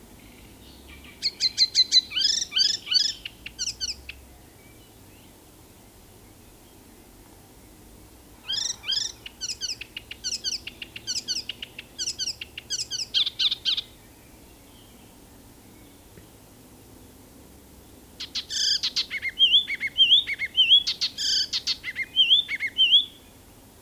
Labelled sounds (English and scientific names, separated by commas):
Icterine Warbler (Hippolais icterina) song